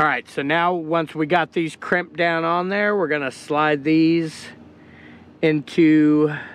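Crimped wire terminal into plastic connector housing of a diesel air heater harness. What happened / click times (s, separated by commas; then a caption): Terminals handled only; no seating snap yet / none. Someone talks while handling a freshly crimped wire terminal that is about to be slid into the plastic connector housing of an Espar Airtronic S2-D2L diesel air heater wiring harness. Speech fills most of the clip, with a quiet low hum in a pause near the end. Nothing has seated or clicked yet.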